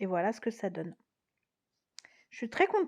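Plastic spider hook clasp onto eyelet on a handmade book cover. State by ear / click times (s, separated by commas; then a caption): seated / 2.0 s. Someone talks, then a plastic spider with a hook under its belly is hooked onto the metal eyelet on the front of a handmade scrapbook grimoire cover while the book is held closed. A sharp click at 2.0 s marks the spider clasp seating on the eyelet, closing the book, after which someone talks again.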